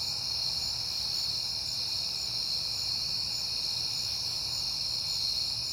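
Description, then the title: Crickets keep up a steady high chorus, with a quiet low rumble underneath. Night, September; recorded on a peaceful night. "Night Time: Crickets and Passing Cars"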